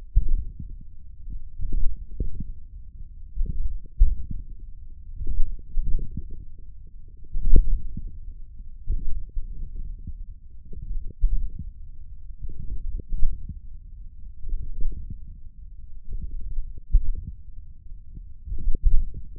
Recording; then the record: forearm muscle sounds (acoustic myography)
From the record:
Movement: hand closing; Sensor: system 1, eight BSWA MPA416 microphones around the upper forearm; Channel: 5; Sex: male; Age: 28 years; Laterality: right